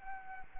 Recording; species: mosquito wingbeat signal from an infrared sensor; Anopheles arabiensis